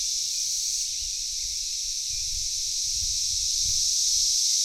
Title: Knoxville, TN 37920, USA - Backyard Cicadas